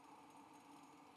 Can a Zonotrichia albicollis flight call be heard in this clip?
no